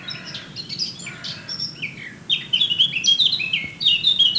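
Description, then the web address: Eurasian blackcap song opening with a soft, scratchy chattering warble, then swelling into a louder run of clear, fluty whistles in the last two seconds. "SETE data Sylvia atricapilla"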